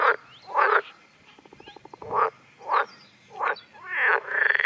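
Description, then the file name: Water frog calls: several loud harsh croaks, with a quieter rapid ticking rattle between them and a longer creaky croak at the end. "Groene Kikker"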